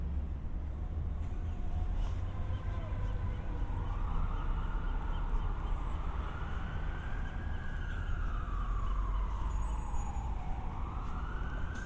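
A walk through San Diego city streets, with a steady, dense rumble of traffic filling the low end throughout. From about four seconds on, a siren rises and falls in slow sweeping wails above the traffic, continuing to the end.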